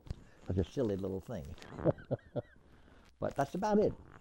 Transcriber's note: laughs